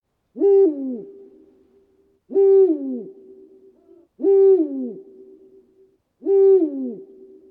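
eagle owl hooting

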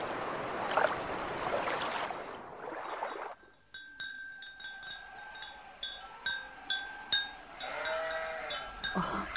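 sheep bleating

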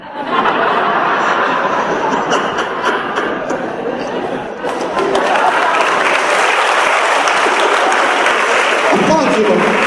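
audience applause

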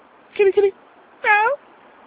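cat meowing

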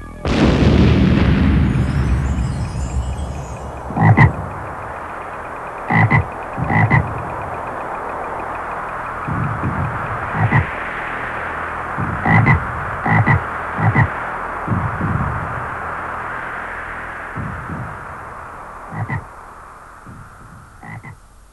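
frog croaking

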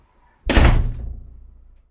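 door slamming shut

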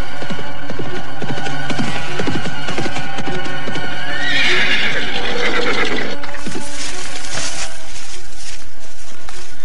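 horse hoofbeats approaching

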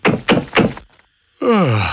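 knocking on a door

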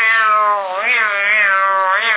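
cat meowing

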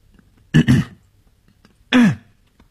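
two deliberate coughs

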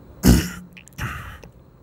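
throat clearing

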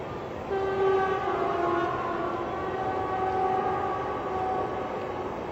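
passing train with horn

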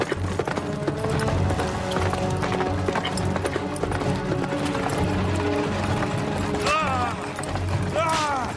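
horse hooves galloping

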